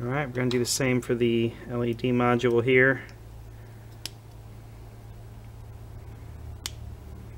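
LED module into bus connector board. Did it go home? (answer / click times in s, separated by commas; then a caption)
yes / 4.1 s, 6.7 s. Someone talks for the first three seconds, then an LED module is pressed onto a bus connector board the same way as before. Two sharp snaps ring out at 4.1 s and 6.7 s as the module seats into the board.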